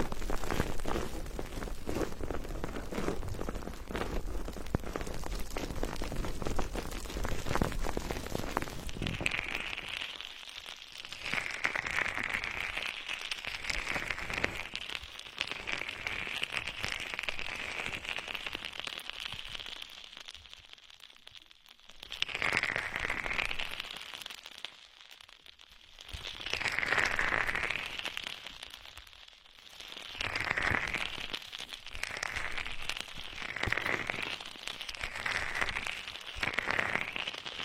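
Fizzing and popping of bubbles, a dense rush for nine seconds, then a brighter crackle that swells and fades in waves.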